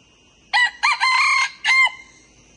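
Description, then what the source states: Crowing red junglefowl gives one brisk, raspy crow of four segments ending abruptly, over a faint steady background tone. Young male red junglefowl, crowing.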